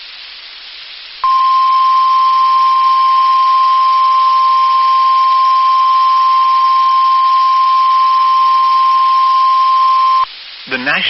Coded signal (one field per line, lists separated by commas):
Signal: Emergency Alert System (SAME) tones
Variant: 1050 Hz attention tone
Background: speech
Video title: Severe Thunderstorm Warning On WNG706 5/21/22 (EAS #1195)